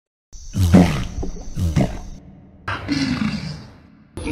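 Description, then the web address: Black caiman growling: two deep rumbling bursts, then a long breathy hiss-like exhalation fading out, ending with a sudden noisy burst. "Black caiman. صدای-کیمن-سیاه"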